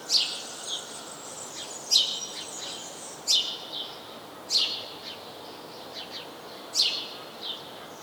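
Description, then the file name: House sparrow giving sharp, high, downward-sweeping chirps, five loud notes spaced roughly one to two seconds apart, with fainter chips between them over a steady background hiss. "Passer domesticus"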